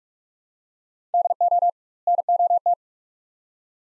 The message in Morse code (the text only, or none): DO NOT